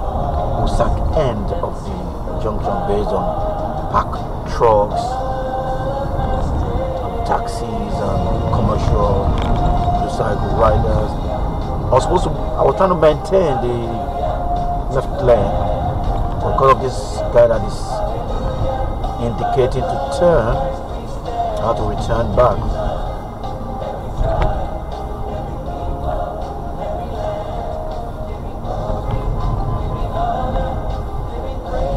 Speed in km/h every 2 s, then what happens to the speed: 61, 61, 61, 63, 63, 61, 60, 60, 58, 56, 52, 47, 47, 50, 50, 47.
0-14 steady at about 61. 14-22 slows to 47. 22-28 steady at about 47.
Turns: none.